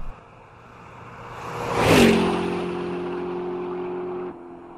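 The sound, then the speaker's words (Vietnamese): A motorbike engine is started, swelling to a loud, roaring rev as the bike speeds off into a busy street, then settles into a steady droning hum with a buzzing, tonal whine before cutting off abruptly. “Biết ý, Út dắt xe chị ra đường nổ máy và phóng như bay vào phố đông.”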